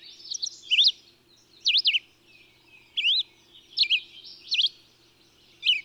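Bird song: sharp, looping whistled notes delivered in short bursts about every second, separated by quieter twittering and a faint steady hum.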